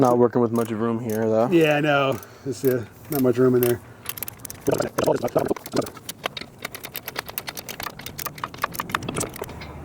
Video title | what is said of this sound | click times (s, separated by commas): Fixing My Daughter's Friend's First Car! (2002 Mitsubishi Galant) | Did it click? No, not yet. | none